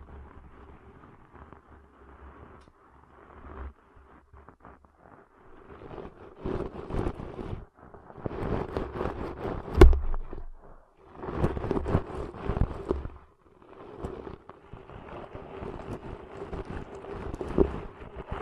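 Ear cleaning sounds: muffled rubbing and scratching come in uneven bursts, growing louder from about eight seconds, with a sharp click near ten seconds. A low, steady hum and a faint constant tone run underneath, with quieter gaps between the rubbing passages.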